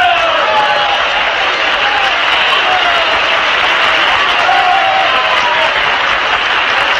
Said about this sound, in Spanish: Agradezco estos aplausos tan desnutridos, a la par que merecidos, que me incitan a seguir discursiando.